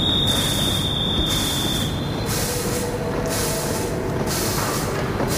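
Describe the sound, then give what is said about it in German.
Trains rumble steadily through a busy station with a high reception hall, a thin high wheel squeal ringing out at the start before fading, with repeated bursts of airy hiss over the continuous low roar. “die hohe Empfangshalle des Bahnhofs, der Weg zu den Bahnsteigen”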